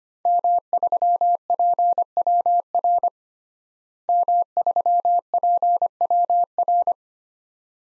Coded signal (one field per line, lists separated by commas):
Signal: Morse code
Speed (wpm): 25 wpm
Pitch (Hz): 700 Hz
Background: none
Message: M3PWR M3PWR